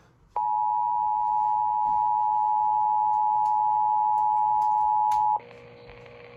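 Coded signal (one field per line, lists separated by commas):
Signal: Emergency Alert System (SAME) tones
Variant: 853 and 960 Hz attention tone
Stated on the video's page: KDKA EAS test relayed by WAHC.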